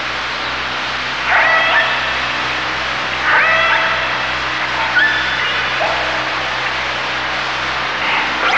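Dolphin whistles, a few short upswept and wavering tones with harmonics, over a steady hiss.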